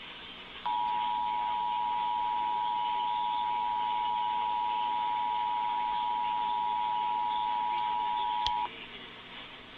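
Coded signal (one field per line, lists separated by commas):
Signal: Emergency Alert System (SAME) tones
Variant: 853 and 960 Hz attention tone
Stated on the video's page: Collection of EAS tests including state required monthly tests, one originated after a failed first attempt.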